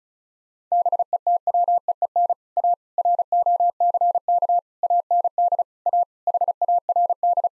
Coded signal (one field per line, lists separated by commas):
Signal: Morse code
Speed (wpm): 34 wpm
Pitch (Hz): 700 Hz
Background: none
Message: BETWEEN A ROCK AND A HARD